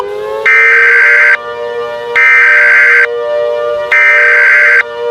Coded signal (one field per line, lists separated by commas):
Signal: Emergency Alert System (SAME) tones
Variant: header bursts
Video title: EAS Scenario #13: XK Candy Apollyon